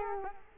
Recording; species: mosquito wingbeat signal from an infrared sensor; Culex quinquefasciatus